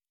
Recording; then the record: hydrophone in a shrimp aquaculture tank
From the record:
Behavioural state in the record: normal